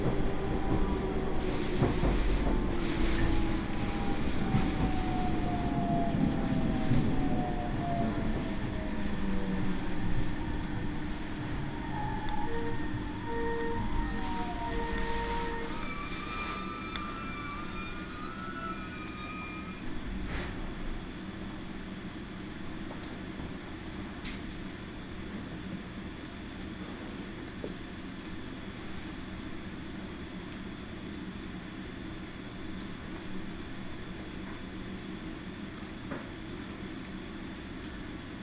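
A train on the Iida Line rumbles steadily, with whining motor tones rising and falling in the first twenty seconds before settling into quieter running.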